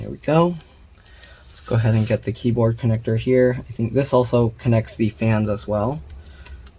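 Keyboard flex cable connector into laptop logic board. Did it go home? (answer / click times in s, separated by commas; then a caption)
yes / 6.5 s, 6.7 s. On a 15-inch 2018 MacBook Pro A1990, the keyboard flex cable connector, which also links the fans, is pressed onto the laptop logic board while someone talks. Two quick clicks sound at 6.5 s and 6.7 s as the connector snaps home and seats.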